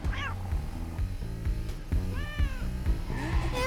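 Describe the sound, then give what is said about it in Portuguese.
A female cat named Isis meows two or three times, each cry a rising-then-falling wail, heard over a steady, low rhythmic musical background with no one speaking. “Sério, Isis, para uma gata, você é literal demais.”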